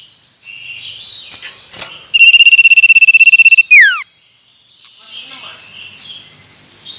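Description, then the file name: Common iora song, a single steady trilled whistle lasting over a second before dropping into a steep falling note, with scattered chirps from other birds before and after. Male. "suara burung cipoh jantan"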